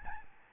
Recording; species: mosquito wingbeat signal from an infrared sensor; Aedes albopictus